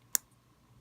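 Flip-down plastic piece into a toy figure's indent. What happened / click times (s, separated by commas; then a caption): A small plastic part clicked into place / 0.1 s. A flip-down part on a small plastic transforming toy figure is pushed into its tiny indent. A single sharp, bright click sounds at 0.2 seconds over a quiet background. The piece seats into place with a definite click.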